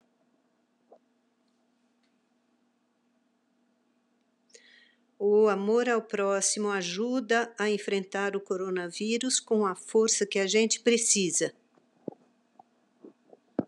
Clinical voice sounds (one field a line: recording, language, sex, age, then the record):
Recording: spoken sentence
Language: Brazilian Portuguese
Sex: female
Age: 60 to 69 years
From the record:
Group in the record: control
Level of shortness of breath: 0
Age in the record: 67 years